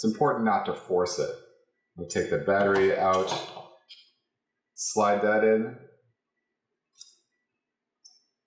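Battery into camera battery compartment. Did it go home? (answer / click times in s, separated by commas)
yes / 8.1 s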